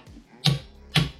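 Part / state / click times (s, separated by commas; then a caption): click-type torque wrench tightening brake disc bolts on a motorcycle wheel hub / torque reached / 0.5 s, 1.0 s. A Vampo click-type torque wrench tightens the brake disc bolts on the wheel hub of a 50cc Rieju MRT motorcycle. Two sharp clicks sound at 0.5 s and 1.0 s, showing that the set torque has been reached.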